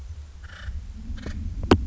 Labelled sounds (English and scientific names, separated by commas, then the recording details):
Acorn Woodpecker (Melanerpes formicivorus)
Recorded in Sonoma County, California